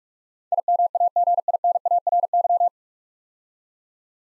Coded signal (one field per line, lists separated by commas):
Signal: Morse code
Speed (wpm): 44 wpm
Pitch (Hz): 700 Hz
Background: none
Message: IMAGINARY